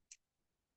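A pipette's lower part is pushed back onto the pipette body, giving one short, sharp click at 0.1 s that is bright in the high frequencies, followed by quiet low-level background. The part snaps home and is seated.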